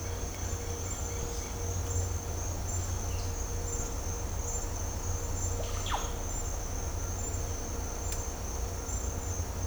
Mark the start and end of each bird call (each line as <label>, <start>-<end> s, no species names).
bird call, 0.02-1.54 s
bird call, 5.60-5.99 s